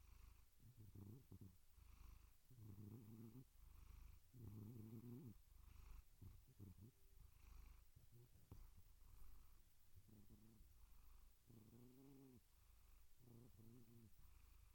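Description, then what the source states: Domestic cat uttering a string of low, drawn-out harmonic calls spaced roughly two seconds apart, with purring. Gentle meows and purrs.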